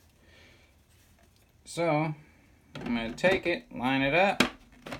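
Someone talks while lining up the three black triangles on a Milescraft circle jig's plastic center plate with the router base mount, ready to twist it so it locks in. Only faint handling noises are heard under the talking. Nothing has seated or clicked yet.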